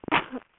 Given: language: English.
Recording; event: throat vibration sensor signal played as sound; cough